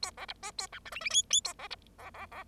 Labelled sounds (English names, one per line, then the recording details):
Bengalese Finch song
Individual Bird0